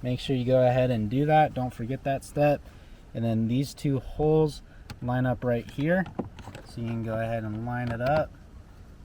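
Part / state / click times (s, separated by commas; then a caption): plastic trim retainer clips into truck door panel holes / not seated / none. Three white plastic trim retainer clips, moved over from the original part, are being lined up with two holes in a third-generation Toyota Tacoma truck door panel during a front speaker install. Someone talks throughout over faint handling sounds. Nothing has seated or clicked yet.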